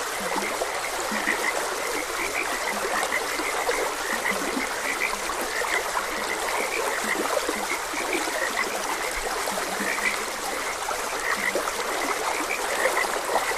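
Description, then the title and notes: Frogs give repeated short croaks throughout, set against a constant trickling stream. Frogs croaking beside a gentle stream. "Gentle Stream and Frogs Croaking. Sleep and Relaxation Podcast"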